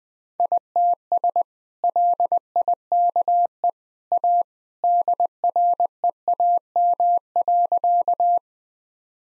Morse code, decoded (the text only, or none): ITS LIKE A DREAM.